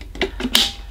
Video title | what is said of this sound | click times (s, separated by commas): Tineco Pure One S12 Cordless Vacuum Cleaner Demonstration | just clicks back into place and then the filter that's talked about then that just drops back in | 0.5 s